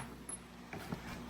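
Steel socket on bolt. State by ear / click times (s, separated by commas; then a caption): stripped / 0.3 s, 0.7 s. A socket ratchet turns a stripped bolt head on the pulley of a Gen 5 M90 supercharger, and the socket slips instead of grabbing. Short ratcheting clicks and hits sound at 0.3 s and 0.7 s over a low mechanical hum. The bolt head is stripped and does not come out.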